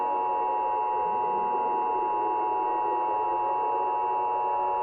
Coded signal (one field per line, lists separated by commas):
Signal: Emergency Alert System (SAME) tones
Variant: 853 and 960 Hz attention tone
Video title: Inherited (EAS Short)